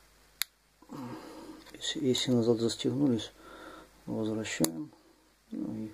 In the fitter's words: Их отстегиваем. Оно слышно, как они отстегиваются. Клац-клац.